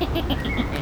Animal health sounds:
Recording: contact call of a hoofed animal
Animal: goat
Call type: low-frequency (closed-mouth) or high-frequency (open-mouth) call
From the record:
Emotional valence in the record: negative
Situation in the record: short social isolation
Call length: 0.81 s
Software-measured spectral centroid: 2530 Hz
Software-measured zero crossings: 1680 a second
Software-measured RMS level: -24 dBFS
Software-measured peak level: -10 dBFS

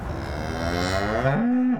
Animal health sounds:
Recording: contact call of a hoofed animal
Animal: cattle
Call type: low-frequency (closed-mouth) or high-frequency (open-mouth) call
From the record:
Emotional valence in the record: negative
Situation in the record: full separation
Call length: 1.81 s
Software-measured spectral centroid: 1930 Hz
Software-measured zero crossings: 1380 a second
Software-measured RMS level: -24 dBFS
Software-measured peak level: -8 dBFS

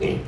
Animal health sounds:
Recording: contact call of a hoofed animal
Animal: pig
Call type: closed-mouth grunt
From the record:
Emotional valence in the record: positive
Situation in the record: food and toys in familiar pen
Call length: 0.27 s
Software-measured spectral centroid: 1720 Hz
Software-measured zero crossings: 1130 a second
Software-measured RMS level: -24 dBFS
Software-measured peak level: -12 dBFS

